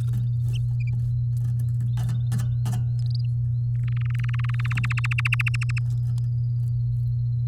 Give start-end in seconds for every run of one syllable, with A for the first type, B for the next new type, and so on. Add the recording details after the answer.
3.75-4.61 A, 4.64-5.79 B. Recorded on 7 May 2018 at 17:05. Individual llb16